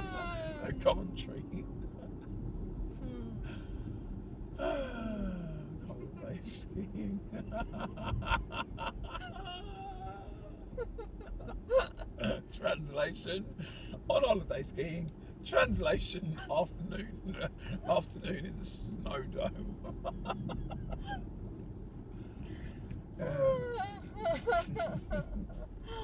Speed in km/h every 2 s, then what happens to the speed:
48, 47, 45, 44, 44, 44, 44, 44, 42, 44, 42, 40, 35.
0-19 steady at about 44. 19-26 slows to 35.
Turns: none.